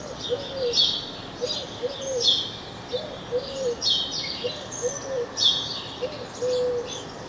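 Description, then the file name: House sparrow chirps: bursts of high, scratchy chirps come unevenly, with a series of soft, low cooing notes in the background. "Passer domesticus"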